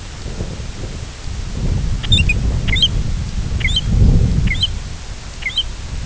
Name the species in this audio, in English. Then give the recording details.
American Golden-plover. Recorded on Arctic tundra, site IGLO-F, on 19 June 2018. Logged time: 06:00